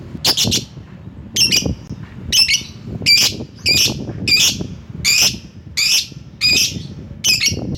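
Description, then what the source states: Lovebird calls: harsh, shrill high chirps repeated steadily, a little more than once a second, over low background rumble. Lovebird calling to a rival.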